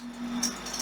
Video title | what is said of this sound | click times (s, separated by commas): How to Properly Test & Replace the Battery on an Ademco 5800 Series Sensor | got little teeth on it, and then you just rotate it down until you hear that click. | 0.4 s